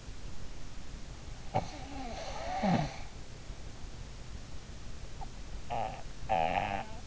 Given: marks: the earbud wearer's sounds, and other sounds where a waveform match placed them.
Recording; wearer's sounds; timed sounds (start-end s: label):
sounds in sleep by an in-ear microphone; snoring breath
1.48-2.96 s: snoring breath
5.02-7.07 s: snoring breath